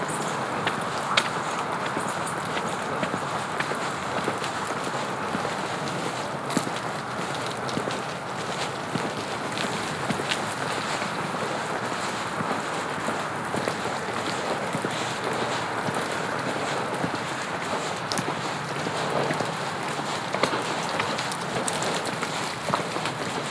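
A walk along a snowy shoreline trail, heard as a steady, even wash of noise that barely changes over the whole stretch. Faint crunches and small ticks, likely footsteps, recur at irregular intervals over a soft windy rush.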